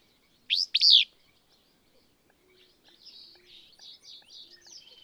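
Willow Flycatcher giving one loud buzzy two-part song phrase, followed by softer repeated notes.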